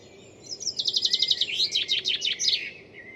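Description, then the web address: Bird song, a bright rapid trill of high notes that turns into a string of sharp descending slurs, lasting about two seconds over low steady background noise. "Deverinetal. Bird Only"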